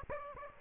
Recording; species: mosquito wingbeat signal from an infrared sensor; Aedes aegypti